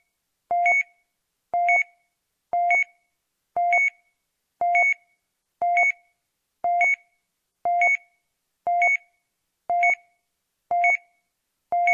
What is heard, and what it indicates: Heart monitor beep sound.